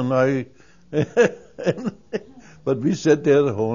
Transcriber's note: he laughs